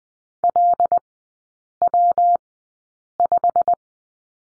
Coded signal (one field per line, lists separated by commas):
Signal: Morse code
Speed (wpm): 20 wpm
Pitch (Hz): 700 Hz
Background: none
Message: LW5